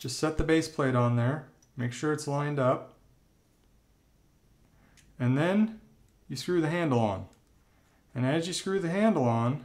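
A plastic base plate is set by hand onto the blade and top cap of a Phoenix Artisan Accoutrements plastic double slant safety razor and lined up before the handle is screwed on. Someone talks over quiet handling with no distinct hits. Nothing has snapped or clicked into place yet.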